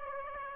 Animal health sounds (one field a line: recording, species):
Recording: mosquito wingbeat signal from an infrared sensor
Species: Aedes aegypti